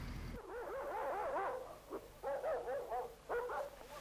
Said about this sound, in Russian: Ну вот, Пат, смотри, есть среди этих собак твоя. Он полкан, помесь овчарки и лайки, прекрасный охотник. Это заберушка, сварливая дворняга, то и дело в драку лезет.